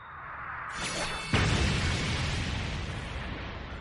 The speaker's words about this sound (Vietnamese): Thanh âm ầm ầm kinh thiên động địa vang lên, thanh đao màu tím trên bầu trời bỗng nhiên chém xuống, trực tiếp chém về phía bồn địa.